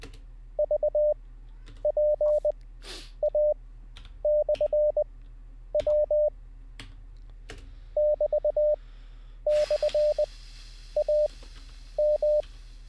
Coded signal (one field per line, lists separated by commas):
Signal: Morse code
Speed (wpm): 20 wpm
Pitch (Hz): 600 Hz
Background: none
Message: VPA/W <BT>/AM